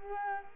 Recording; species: mosquito wingbeat signal from an infrared sensor; Culex quinquefasciatus